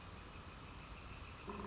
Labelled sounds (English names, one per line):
Northern Flicker